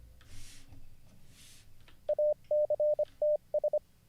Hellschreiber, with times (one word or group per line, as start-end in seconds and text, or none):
none